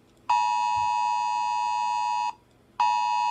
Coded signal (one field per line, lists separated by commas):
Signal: Emergency Alert System (SAME) tones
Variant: 853 and 960 Hz attention tone